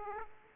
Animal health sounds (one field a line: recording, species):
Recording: mosquito wingbeat signal from an infrared sensor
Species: Aedes aegypti